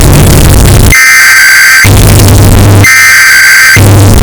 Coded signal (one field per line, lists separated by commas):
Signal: Emergency Alert System (SAME) tones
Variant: header bursts